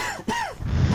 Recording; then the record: coughing mixed with background sound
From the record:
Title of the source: Dry Coughing Fit in the Afternoon.